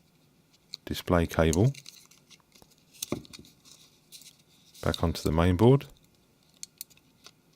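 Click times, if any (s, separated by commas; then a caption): none. Someone talks while the display flex cable connector of a Nokia Lumia 720 is handled at its socket on the phone mainboard, with a few faint short ticks between the speech. Nothing has seated or clicked yet; the connector has not snapped into place.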